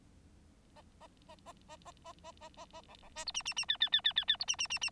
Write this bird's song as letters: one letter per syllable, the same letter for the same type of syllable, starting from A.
A A A A A A A A A A A B B C D E E E F F F F F F D E E E E